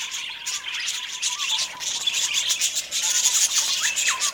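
Budgerigar chatter, many overlapping high chirps and squeaky twitters in a busy, unbroken flow, with occasional brief upward-sweeping notes.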